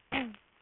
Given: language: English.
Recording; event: throat vibration sensor signal played as sound; throat clearing